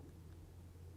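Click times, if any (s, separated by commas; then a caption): none. A steel cylinder on a Smith and Wesson PC revolver that is out of time is handled by hand so its cylinder stop can come into its notch, with the hammer locked but the cylinder not. Only a steady low rumble is heard, with no click. Nothing has seated or clicked yet.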